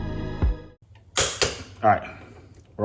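A click-type torque wrench preset to 32 ft-lb tightens a Shogun frame slider bolt on the frame of a 2023 Kawasaki Z650, with sharp clicks at 1.2 s and 1.4 s. Someone talks before and after the clicks. The wrench clicks at its set torque, and that side is confirmed torqued down.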